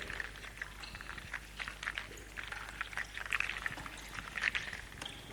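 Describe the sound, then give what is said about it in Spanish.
Bath water pours and splashes steadily as someone takes a bubble bath, a broad hissing rush with brighter sloshing bursts scattered throughout, fairly quiet and continuous with no voices. “El sonido del baterista estaba tomando un baño con burbujas y todo.”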